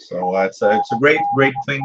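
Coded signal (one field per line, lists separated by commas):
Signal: Morse code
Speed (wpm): 18 wpm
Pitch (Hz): 810 Hz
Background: speech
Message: IND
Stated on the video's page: Heard while tuning the shortwave bands.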